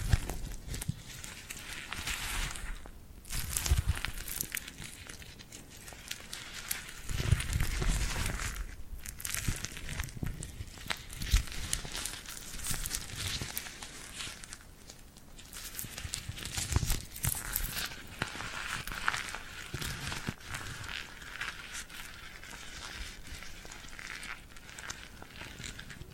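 Hands coated in glue rub and pull apart, making a dense, crackly, sticky rustle that is mostly bright and hissy with soft low thumps. The texture runs almost continuously, easing into brief quiet dips about every six seconds before resuming.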